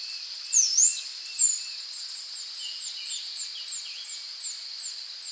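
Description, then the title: Half-collared sparrow song: thin, very high slurred notes, some sharply rising and falling, repeated in a quick series over a steady hiss. "LuckyPassaro Completos2Sama. Half-collared Sparrow (Arremon semitorquatus)"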